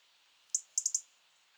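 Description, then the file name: European robin making four hard, high ticks, one then three in quick succession, against quiet background hiss. "Erithacus rubecula"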